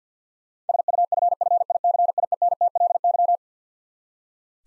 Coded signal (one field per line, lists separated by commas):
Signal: Morse code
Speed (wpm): 46 wpm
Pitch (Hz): 700 Hz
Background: none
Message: SUFFICIENTLY